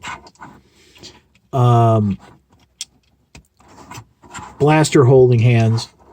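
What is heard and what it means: A plastic blaster accessory is handled near a toy robot's blaster-holding hand, ready to be snapped in, while someone talks. A few faint taps and handling sounds come between the speech. Nothing has seated or clicked yet.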